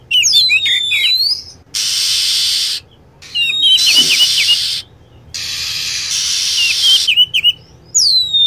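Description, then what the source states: Lovebird chirping, rapid high squeaky whistles with quick downward flicks, repeated in clusters among loud stretches of hiss. Lure sound used to attract lovebirds.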